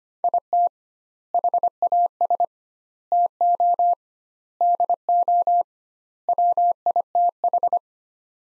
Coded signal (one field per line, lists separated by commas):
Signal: Morse code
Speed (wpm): 25 wpm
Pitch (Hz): 700 Hz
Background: none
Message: IT HAS TO DO WITH